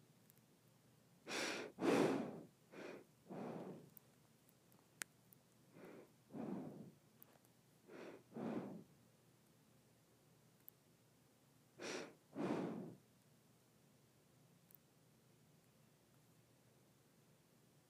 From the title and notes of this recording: ASMR Nose Breathing.